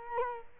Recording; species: mosquito wingbeat signal from an infrared sensor; Culex quinquefasciatus